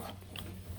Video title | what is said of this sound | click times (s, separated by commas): For Sale: 2016 Rockwood Mini Lite 1905 Travel Trailer | let it pop into place | 0.4 s